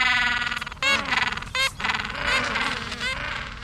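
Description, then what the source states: Gentoo penguin calls: a run of loud, harsh, braying notes rich in overtones, some short and some drawn out, repeating unevenly throughout. Gentoo penguins, described as living in frigid Antarctic waters.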